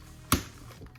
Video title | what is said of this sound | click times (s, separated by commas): Transformers Legacy MENASOR Combine and Upgrade Kit #transformerslegacy #stunticons #menasor | until you hear snaps and there now the arms are all done and | 0.3 s